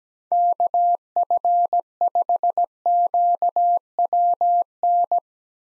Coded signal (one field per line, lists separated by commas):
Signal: Morse code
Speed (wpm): 17 wpm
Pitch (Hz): 700 Hz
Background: none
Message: KF5QWN